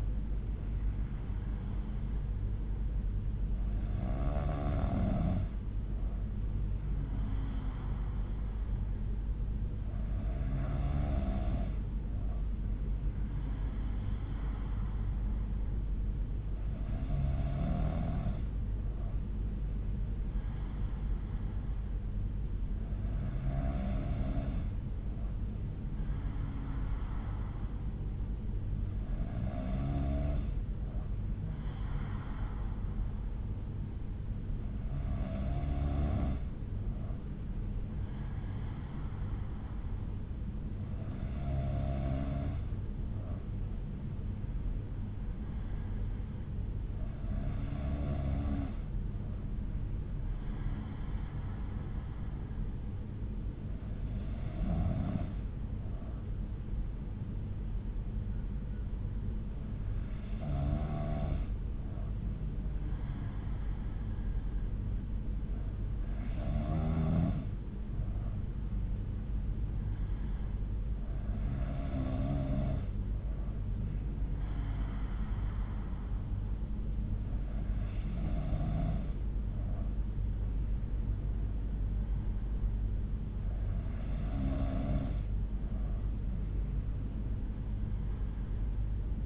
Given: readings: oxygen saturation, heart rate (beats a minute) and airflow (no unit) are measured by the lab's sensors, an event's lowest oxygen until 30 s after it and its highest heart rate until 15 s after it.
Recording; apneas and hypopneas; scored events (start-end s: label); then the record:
breathing in sleep by a smartphone at the bedside; none
22.00-89.26 s: new sleep stage, N3 (deep sleep)
From the record:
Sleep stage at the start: N2 (light sleep); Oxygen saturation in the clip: 92 to 93%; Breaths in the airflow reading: 14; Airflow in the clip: -4.9 to 3.3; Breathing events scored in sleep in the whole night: 368 in 8.0 hours asleep